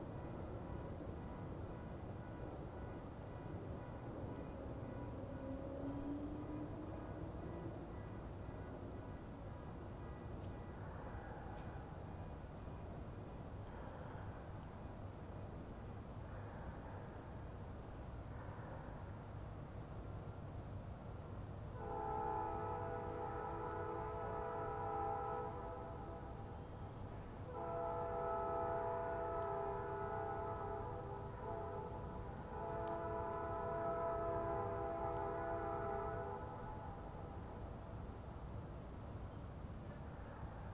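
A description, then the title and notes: A distant train rumbles low and steady throughout, with a faint rising siren-like wail early on. From about 22 seconds, three long horn blasts sound in succession, each a few seconds long, near 22, 28 and 33 seconds, over the continuing rumble. Sitting on the edge of Derita Creek Park.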